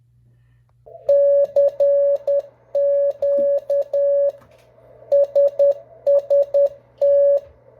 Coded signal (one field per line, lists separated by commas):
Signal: Morse code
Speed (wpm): 10 wpm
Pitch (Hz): 560 Hz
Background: none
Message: CQ SST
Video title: NEW MORSE CODE OPS TRY THE K1USN SST FOR SLOWER SPEED CONTACTS